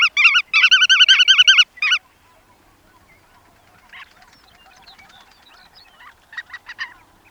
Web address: limosa lapponica. szlamnik